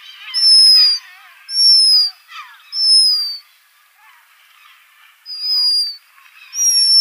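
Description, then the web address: Black guillemot uttering sustained shrill whistles, five in all, each slightly falling in pitch, with a longer pause midway. "Black Guillemot song"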